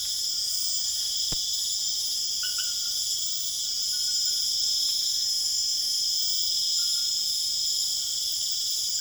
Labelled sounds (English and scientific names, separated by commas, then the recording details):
none
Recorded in secondary vegetation near Puerto Asís, Putumayo, Colombia, on 22 June 2025
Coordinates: 0.488, -76.319
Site G094